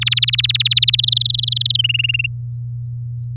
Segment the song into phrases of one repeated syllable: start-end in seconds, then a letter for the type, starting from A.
0.01-1.01 A, 1.03-1.77 B, 1.79-2.27 C